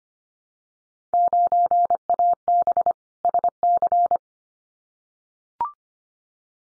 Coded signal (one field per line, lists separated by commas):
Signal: Morse code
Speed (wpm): 25 wpm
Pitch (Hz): 700 Hz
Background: none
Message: 9AB SC